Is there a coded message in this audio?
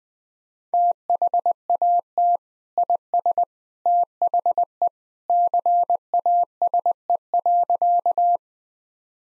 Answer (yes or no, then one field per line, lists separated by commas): yes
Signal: Morse code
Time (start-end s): 0.7-8.4 s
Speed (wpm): 20 wpm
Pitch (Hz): 700 Hz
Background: none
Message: THAT IS THE CASE.